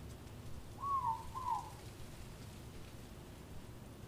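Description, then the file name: Morepork two-note call, a falling hoot followed by a lower drooping note, heard once with faint background hiss throughout. Recorded in Auckland, New Zealand. "Morepork Ruru Owl Auckland New Zealand"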